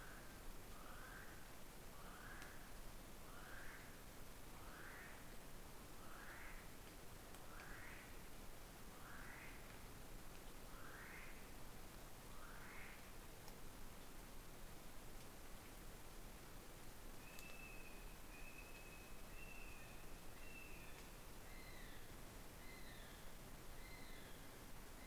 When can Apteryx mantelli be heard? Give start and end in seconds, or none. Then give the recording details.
0.00-13.20, 17.01-25.06. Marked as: faintness 2/5, faintness 3/5. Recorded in New Zealand on 13 December 2015. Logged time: 21:44. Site CL72